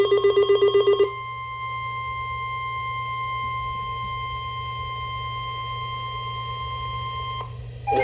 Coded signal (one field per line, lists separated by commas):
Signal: Emergency Alert System (SAME) tones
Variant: 1050 Hz attention tone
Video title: Special Marine Warning (EAS #74)